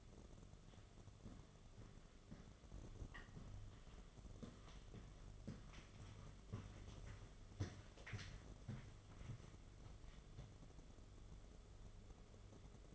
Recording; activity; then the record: daily activity, microphone in the room; walk to room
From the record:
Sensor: 4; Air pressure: 1011.2 hPa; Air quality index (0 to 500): 133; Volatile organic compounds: 3 ppm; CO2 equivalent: 1366 ppm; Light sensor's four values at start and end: 210/544/233/243 and 179/464/199/206